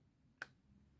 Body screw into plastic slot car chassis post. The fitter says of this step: hear that click that's where it's found the thread and now I can just